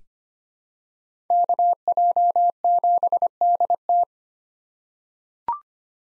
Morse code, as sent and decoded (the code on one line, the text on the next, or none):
-.- .--- --... -.. -
KJ7DT